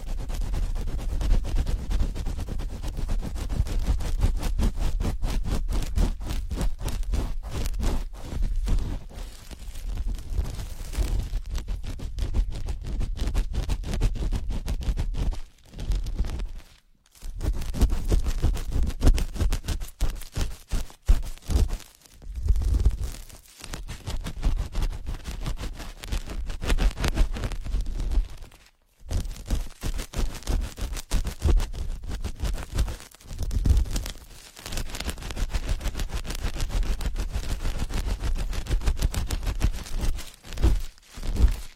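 Ear picking sounds: dense, rapid scratching and rustling with a deep, muffled rumble underneath, fluttering in quick bursts. Brief near-silent pauses break the flow around 16, 22, 29 and 34 seconds before the scraping resumes at a steady pace.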